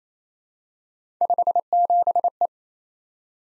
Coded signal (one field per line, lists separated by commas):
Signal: Morse code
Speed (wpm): 27 wpm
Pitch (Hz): 700 Hz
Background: none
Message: 57E